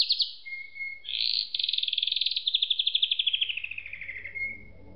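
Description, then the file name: Canary song: a continuous high rolling trill, pulsing quickly and slowly descending in pitch, ending in a thin steady whistle. "suara kenari makige"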